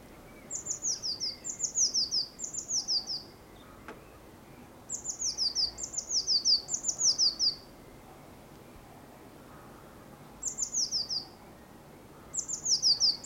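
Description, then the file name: Eurasian blue tit calling in short bursts of three or four high, quickly descending notes, groups spaced by pauses, over a low steady background hiss. "Cyanistes caeruleus"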